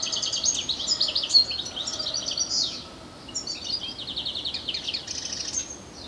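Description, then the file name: European goldfinch twittering: quick high chattering, liquid notes in busy runs, with a brief lull in the middle, over a constant noisy background. "Carduelis carduelis"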